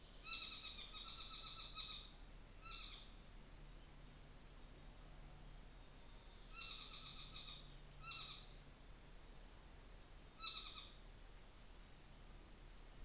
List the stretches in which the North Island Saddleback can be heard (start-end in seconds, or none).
0.17-2.12, 2.61-3.10, 6.48-8.86, 10.33-11.03